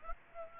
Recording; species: mosquito wingbeat signal from an infrared sensor; Aedes aegypti